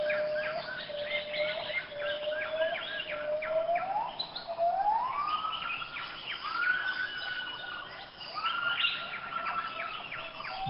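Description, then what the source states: Gibbon song, long whooping notes that slide upward and then hold steady, repeated several times, over a constant hiss of forest background. Gibbons on the Indonesian island of Sumatra, apes known for singing duets; recorded by a rainforest monitoring device.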